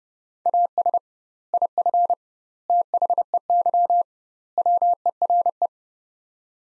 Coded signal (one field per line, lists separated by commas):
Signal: Morse code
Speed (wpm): 30 wpm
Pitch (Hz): 700 Hz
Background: none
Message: AS IF THEY WERE